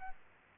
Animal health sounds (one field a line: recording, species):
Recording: mosquito wingbeat signal from an infrared sensor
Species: Aedes albopictus